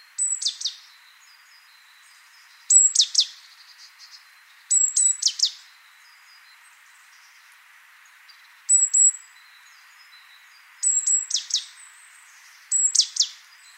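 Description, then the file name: Great tit calls: a thin high note dropping into a harsh buzzy burst, phrases repeated every few seconds with one longer gap, with quieter faint notes between them. "Parus major"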